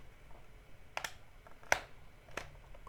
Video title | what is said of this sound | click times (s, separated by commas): HUBSAN ZINO 2 - MY FIRST LOOK & IMPRESSIONS OUT OF THE BOX | they lock into place and again it pulls out like that so | 1.0 s, 1.7 s